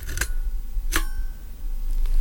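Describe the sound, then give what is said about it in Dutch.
A camera shutter, released by pressing a small button on the lens, snaps open and then shut: two crisp mechanical clicks about three quarters of a second apart, the second with a faint metallic ring, over a low steady hum. “Dat is het echte geluid van een sluiter die open en dicht gaat.”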